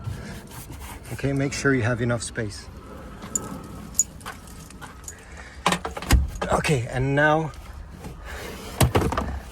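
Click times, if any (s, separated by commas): none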